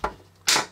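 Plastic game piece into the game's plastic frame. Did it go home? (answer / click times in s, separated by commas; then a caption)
yes / 0.5 s. A plastic piece of the vintage Parker Brothers Wild Webber spider game is pushed into the game's plastic frame during assembly. There is a small tap at 0.0 s, then it snaps home with a loud, sharp click at 0.5 s, and the piece is seated with authority.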